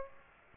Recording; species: mosquito wingbeat signal from an infrared sensor; Aedes aegypti